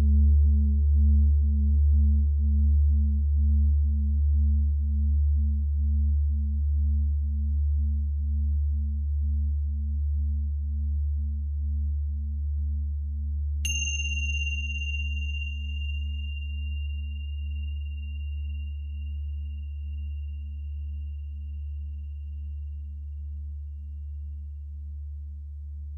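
A steady, deep Saturn tone at 147.85 hertz hums throughout with a slow, regular pulsing wobble, gradually softening. A faint higher overtone fades out in the first seconds, and about halfway through a bright bell-like ping rings out and slowly dies away.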